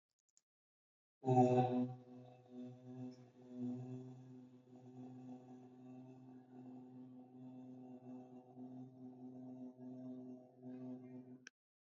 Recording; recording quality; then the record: sustained vowel as in boot; excellent, no background noise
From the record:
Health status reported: healthy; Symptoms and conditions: none ticked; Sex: male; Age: 53 years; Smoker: not ticked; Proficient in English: yes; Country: India